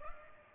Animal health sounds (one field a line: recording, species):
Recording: mosquito wingbeat signal from an infrared sensor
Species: Culex pipiens